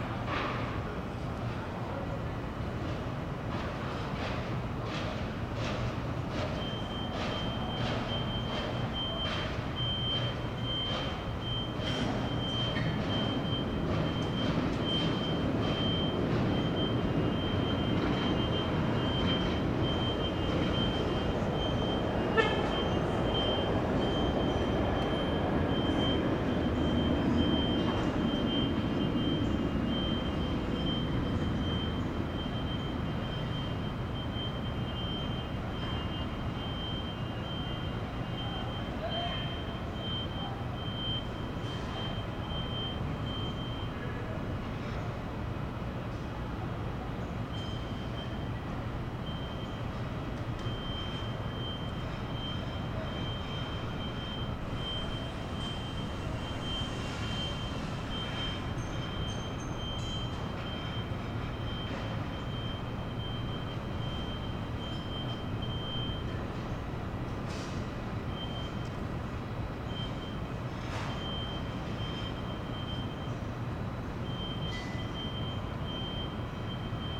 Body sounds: background sound without coughing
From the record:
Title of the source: 30 MINUTES Construction Site Ambience (CC BY 4.0)

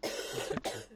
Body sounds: coughing mixed with background sound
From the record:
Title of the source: 60 coughing still (deep and wet cough)

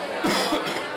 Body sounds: coughing mixed with background sound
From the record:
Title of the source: Man Coughing Sound - Wet Cough Sound Effect

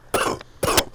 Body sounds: coughing mixed with background sound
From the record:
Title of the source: Coughing 79

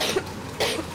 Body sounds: coughing mixed with background sound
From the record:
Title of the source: 61 morning phlegmy cough...again

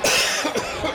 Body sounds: coughing mixed with background sound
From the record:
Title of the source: Dry Afternoon Cough

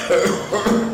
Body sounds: coughing mixed with background sound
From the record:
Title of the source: Wet Throat Infection Cough

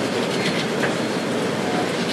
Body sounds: background sound without coughing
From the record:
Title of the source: Office Sounds Ambience - Background Noise for Study and Work

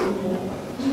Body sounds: coughing mixed with background sound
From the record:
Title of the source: Coughing 77

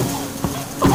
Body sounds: coughing mixed with background sound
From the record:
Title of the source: Spring Allergy Coughing

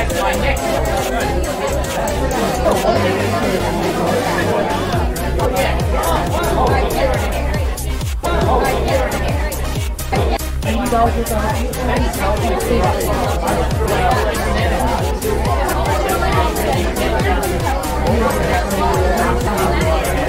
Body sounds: background sound without coughing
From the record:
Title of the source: Nightlife Party Simulating Party Club Noise 1 Hour

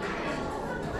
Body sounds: background sound without coughing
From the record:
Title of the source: 60 minutes of coffee shop sounds for study and concentration

